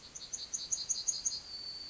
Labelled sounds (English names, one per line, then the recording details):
Yellowhammer song
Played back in forest
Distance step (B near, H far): E
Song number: 139